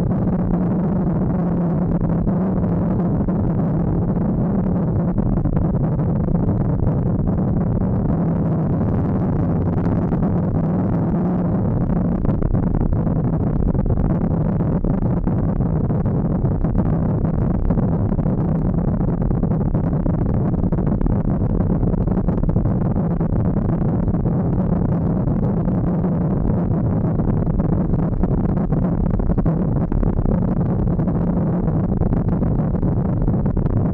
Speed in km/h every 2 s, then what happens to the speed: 53, 46, 39, 41, 50, 53, 50, 52, 53, 53, 53, 54, 54, 56, 58, 52, 47.
0-4 brakes to 39. 6-9 speeds up to 53. 9-28 steady at about 53. 28-34 slows to 47.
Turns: none.